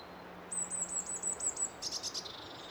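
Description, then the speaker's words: Blue tit song: a rapid, very high, thin trill of repeated notes lasting about a second, followed by a brief burst of buzzier chirrups, over light hiss. Blue tits giving calls, chirrups and song. "We've got the last clip of the blue tits coming up. And again, it's got all the elements of calls and chirrups and song."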